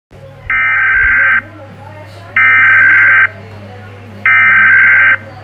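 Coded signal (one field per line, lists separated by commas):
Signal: Emergency Alert System (SAME) tones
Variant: header bursts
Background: speech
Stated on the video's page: Fictional EAS scenario.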